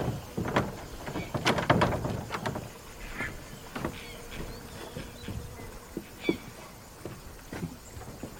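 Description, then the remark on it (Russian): A heavy wooden barn door rattles and thumps as someone pulls at it, with a burst of loud clunks and creaks at first, then scattered quieter knocks and scrapes. “Тома подходит к амбару. Пытается открыть дверь.”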